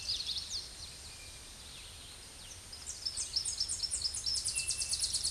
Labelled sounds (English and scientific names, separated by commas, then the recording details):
Tennessee Warbler (Leiothlypis peregrina) song
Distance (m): 20 m
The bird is about 10 m above the microphone
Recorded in a Pennsylvania forest on 16 May 2024 at 07:45
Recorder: AudioMoth, point MSD-0665
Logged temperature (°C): 16.1 °C
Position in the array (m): 80 m, 72 m